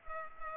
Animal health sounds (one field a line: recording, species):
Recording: mosquito wingbeat signal from an infrared sensor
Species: Culex pipiens